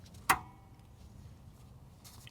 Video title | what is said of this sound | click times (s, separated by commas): 1996 - 2000 GM OBS 4WD K Truck Vortec V8 5.0L / 5.7L Oil Cooler Line Leak Repair (Chevy & GMC) | position of the light all right let's go ahead and push that inlet pipe in until it snaps | 0.3 s